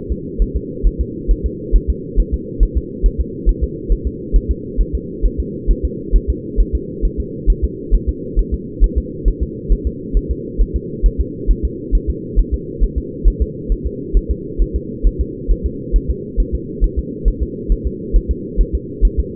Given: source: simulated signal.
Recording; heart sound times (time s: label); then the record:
fetal heart sounds
0.12 s: S2
0.42 s: S1
0.56 s: S2
0.87 s: S1
1.01 s: S2
1.31 s: S1
1.46 s: S2
1.76 s: S1
1.90 s: S2
2.20 s: S1
2.34 s: S2
2.63 s: S1
2.78 s: S2
3.06 s: S1
3.21 s: S2
3.49 s: S1
3.64 s: S2
3.92 s: S1
4.07 s: S2
4.36 s: S1
4.51 s: S2
4.81 s: S1
4.95 s: S2
5.26 s: S1
5.40 s: S2
5.71 s: S1
5.85 s: S2
6.16 s: S1
6.30 s: S2
6.61 s: S1
6.75 s: S2
7.05 s: S1
7.20 s: S2
7.50 s: S1
7.64 s: S2
7.95 s: S1
8.09 s: S2
8.39 s: S1
8.54 s: S2
8.84 s: S1
8.98 s: S2
9.28 s: S1
9.43 s: S2
9.73 s: S1
9.87 s: S2
10.17 s: S1
10.31 s: S2
10.61 s: S1
10.76 s: S2
11.06 s: S1
11.21 s: S2
11.51 s: S1
11.65 s: S2
11.95 s: S1
12.10 s: S2
12.39 s: S1
12.54 s: S2
12.84 s: S1
12.98 s: S2
13.28 s: S1
13.42 s: S2
13.72 s: S1
13.87 s: S2
14.17 s: S1
14.31 s: S2
14.62 s: S1
14.76 s: S2
15.07 s: S1
15.21 s: S2
15.52 s: S1
15.66 s: S2
15.96 s: S1
16.11 s: S2
16.40 s: S1
16.55 s: S2
16.84 s: S1
16.99 s: S2
17.28 s: S1
17.43 s: S2
17.72 s: S1
17.87 s: S2
18.16 s: S1
18.31 s: S2
18.61 s: S1
18.75 s: S2
19.05 s: S1
19.20 s: S2
From the record:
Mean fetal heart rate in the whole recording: 135 bpm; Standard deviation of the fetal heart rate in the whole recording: 3 bpm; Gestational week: 36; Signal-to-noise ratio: -4.1 dB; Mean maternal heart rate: no maternal heart sound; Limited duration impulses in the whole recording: absent